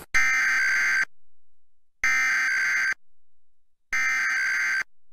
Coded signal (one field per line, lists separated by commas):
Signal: Emergency Alert System (SAME) tones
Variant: header bursts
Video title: Thankful Tests Tuesday (EAS #13971-13979) 11/21/23